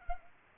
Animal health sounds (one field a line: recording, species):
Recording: mosquito wingbeat signal from an infrared sensor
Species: Culex pipiens